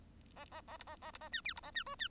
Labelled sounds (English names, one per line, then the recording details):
Bengalese Finch song
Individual Bird1